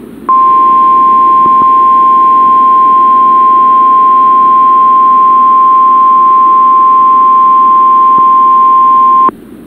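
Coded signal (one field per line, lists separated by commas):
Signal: Emergency Alert System (SAME) tones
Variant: 1050 Hz attention tone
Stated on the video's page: Required weekly test on weather radio transmitter WXK26.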